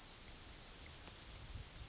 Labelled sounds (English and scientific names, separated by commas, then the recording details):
Yellowhammer (Emberiza citrinella) song
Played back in forest
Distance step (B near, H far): B
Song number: 014